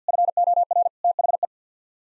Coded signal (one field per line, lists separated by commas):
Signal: Morse code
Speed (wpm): 50 wpm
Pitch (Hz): 700 Hz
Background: none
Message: FOR THE